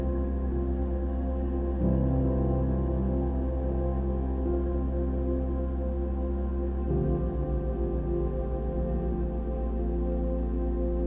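Soft piano music plays in long, sustained notes with a warm, heavy low end, the chords ringing and blending into a steady hum. The harmony shifts gently near two seconds and again around seven, with the level staying even throughout.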